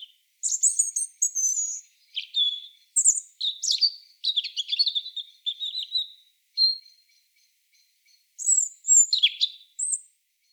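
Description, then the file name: European robin producing high warbled and trilled phrases with thin sliding whistles, a quiet gap, then a final burst of sharp twittering notes. "Erithacus rubecula"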